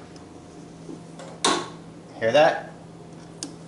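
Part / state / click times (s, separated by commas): torque wrench on lawn mower blade bolt / torque reached / 1.4 s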